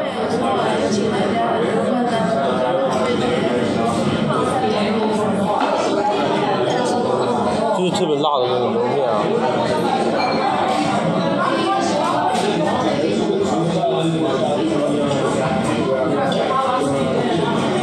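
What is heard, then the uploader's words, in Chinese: Background sound in a local Vietnamese restaurant: many voices talk over one another in a steady, dense murmur, with a few clearer voices rising out of it now and then. Small bright clinks and clatters turn up throughout, and the level stays even for the whole stretch. 在當地一個越南飯店的背景音。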